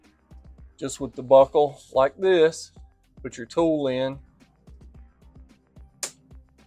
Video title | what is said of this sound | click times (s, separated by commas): Ford F150 “BEST IN CHANNEL” Rain Guards. No Bounce Back. | You feel it pop right in. | 6.0 s